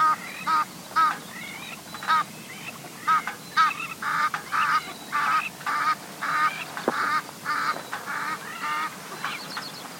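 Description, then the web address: Egyptian goose giving harsh, nasal honks in rapid repeated bursts, about two per second. "cieacasadecampo. ganso del Nilo"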